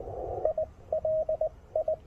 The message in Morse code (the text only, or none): I L I